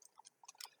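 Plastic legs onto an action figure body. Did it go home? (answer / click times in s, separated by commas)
no / none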